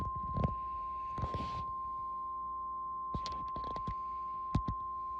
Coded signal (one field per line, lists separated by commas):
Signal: Emergency Alert System (SAME) tones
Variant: 1050 Hz attention tone